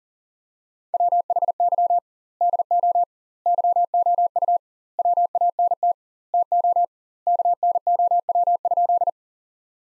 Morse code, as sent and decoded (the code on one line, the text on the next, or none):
.-- .... -.-- / -.. --- / -.-- --- ..- / .-- .- -. - / - --- / -.- -. --- .-- ..--..
WHY DO YOU WANT TO KNOW?